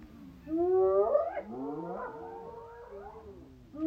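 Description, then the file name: Hyena calls: harmonic, rising and wavering whoops and yelps overlapping, with a long steady tone in the middle and a new call starting at the end. "Hyenes"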